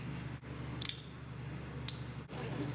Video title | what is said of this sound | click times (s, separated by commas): GMC Sierra 1500 2025 AT4 - Auto Stop Eliminator + MagSafe Phone Mount Install - Full Dash Teardown | Clip it down. Clip the red part down. Make sure it's secure. | 0.9 s, 1.9 s